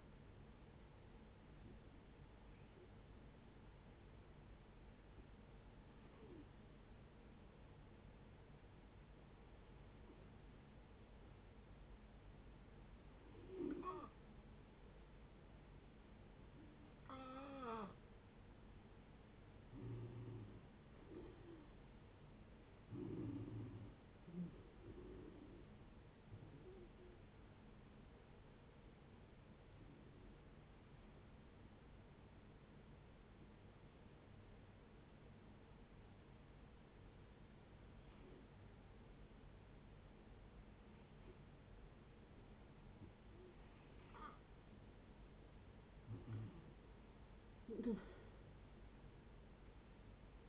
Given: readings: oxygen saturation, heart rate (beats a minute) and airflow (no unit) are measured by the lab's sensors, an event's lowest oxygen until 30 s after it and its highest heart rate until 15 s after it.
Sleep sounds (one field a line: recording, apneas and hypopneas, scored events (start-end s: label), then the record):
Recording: breathing in sleep by a voice recorder at the bedside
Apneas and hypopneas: 2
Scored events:
4.00-21.30 s: hypopnea (N2, oxygen 92% highest, then 87% lowest, heart rate 66 at the start, 74 highest)
8.00-50.49 s: new sleep stage, N1 (lightest sleep)
28.00-44.90 s: hypopnea (N1, oxygen 93% highest, then 87% lowest, heart rate 74 at the start, 77 highest)
From the record:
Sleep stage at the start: N2 (light sleep)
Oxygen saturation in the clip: 87 to 93%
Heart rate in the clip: 61 to 77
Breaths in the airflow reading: 14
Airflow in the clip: -12.9 to 13.3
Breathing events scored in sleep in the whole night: 496 in 5.4 hours asleep